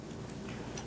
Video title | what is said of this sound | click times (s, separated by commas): GoPro 10 - Easy & Simple 1st Update with Basic Settings Tutorial for Beginners | you're going to hear a little click so which is going to be | 0.3 s, 0.8 s